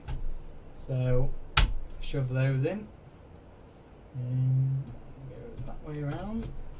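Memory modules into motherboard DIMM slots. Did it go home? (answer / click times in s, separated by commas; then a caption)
no / none. Two memory modules are handled into the black DIMM slots on a motherboard while someone talks, with a brief sharp knock of handling noise around 1.6 seconds. Nothing has seated or clicked yet.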